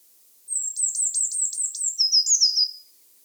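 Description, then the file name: Eurasian blue tit calling: several sharp, high downward-stroked notes in quick succession, followed by a lower, scratchy chattering trill. "Cyanistes caeruleus"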